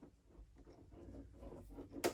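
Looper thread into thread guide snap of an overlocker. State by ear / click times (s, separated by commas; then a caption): seated / 2.0 s. On a Bernina L850 air threading overlocker, the upper looper thread is pulled down with soft, quiet rustling until it snaps into the spring thread guide at the back. The snap comes as a sharp, bright click at 2.1 s, and the thread is seated in the guide.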